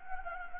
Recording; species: mosquito wingbeat signal from an infrared sensor; Anopheles gambiae